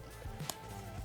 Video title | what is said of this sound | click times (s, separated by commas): AXS More Space! - Sonik's NEW AXS XL Bivvy | and there we are lovely heavy duty ground sheet clicked into place no fuss | 0.5 s